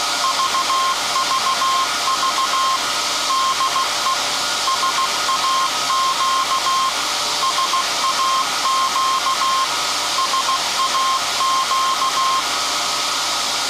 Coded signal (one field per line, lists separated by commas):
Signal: Morse code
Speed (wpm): 15 wpm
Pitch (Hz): 1060 Hz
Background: none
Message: VVV DE SAQ SAQ SAQ